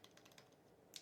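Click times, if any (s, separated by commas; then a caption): 1.0 s. A plastic quick-connect fitting on a Chevy Cruze turbo oil cooler coolant line is pressed onto the metal line until its internal retaining lock engages in the groove. A few faint ticks come first, then a sharp, bright click at 0.96 s as the fitting seats. The fitting then holds and cannot be pulled off.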